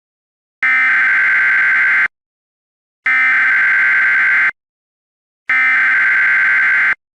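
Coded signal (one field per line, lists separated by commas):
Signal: Emergency Alert System (SAME) tones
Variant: header bursts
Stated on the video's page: Fictional simulated EAS mock using valid EAS tones.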